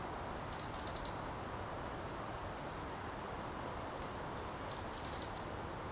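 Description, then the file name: European robin calling with two short, very high, buzzy trilled bursts about four seconds apart, with steady faint hiss between them. "Erithacus rubecula"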